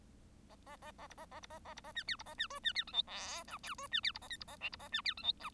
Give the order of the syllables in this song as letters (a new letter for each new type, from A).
A A A A B A A B A A B A C D B A C E C D F G H I J E C D B A K B A L B A C D F G I